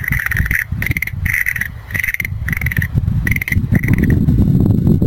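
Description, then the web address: Frog calling: a series of short notes repeated in quick succession over low rumbling background noise. "~kp room. kaeru"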